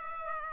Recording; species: mosquito wingbeat signal from an infrared sensor; Culex pipiens